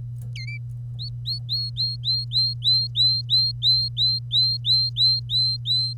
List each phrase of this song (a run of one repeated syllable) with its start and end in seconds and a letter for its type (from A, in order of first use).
0.35-0.58 A, 0.99-5.93 B